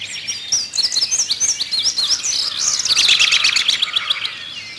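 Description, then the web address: Bird calling with rapid, high, sharp chirps and short trills that run almost without pause and build to a denser burst around three seconds in. "Peterson North American Birds. haur"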